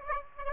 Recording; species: mosquito wingbeat signal from an infrared sensor; Aedes aegypti